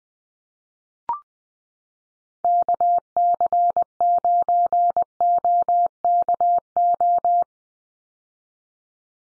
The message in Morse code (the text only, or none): KC9OKO